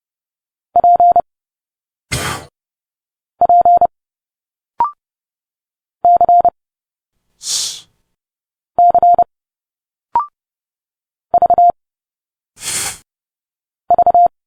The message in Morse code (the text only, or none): P P C C V V